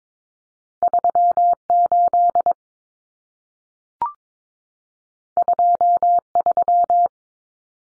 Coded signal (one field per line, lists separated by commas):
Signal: Morse code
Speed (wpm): 22 wpm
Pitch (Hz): 700 Hz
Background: none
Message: 38 23